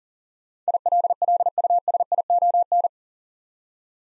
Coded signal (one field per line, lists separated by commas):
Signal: Morse code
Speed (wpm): 38 wpm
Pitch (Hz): 700 Hz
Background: none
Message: ILLUSION